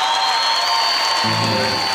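Steady, dense audience applause mixed with cheering for a young woman at a live concert by a band fills both seconds at an even, loud level, and a brief shouted voice rises out of the crowd noise toward the end.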